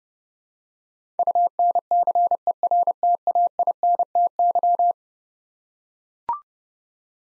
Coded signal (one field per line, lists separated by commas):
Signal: Morse code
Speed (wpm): 29 wpm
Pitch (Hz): 700 Hz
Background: none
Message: UNCERTAINTY